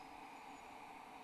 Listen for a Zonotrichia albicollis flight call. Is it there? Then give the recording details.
no. No flight call is heard. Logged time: 23:46 on 11 December 2014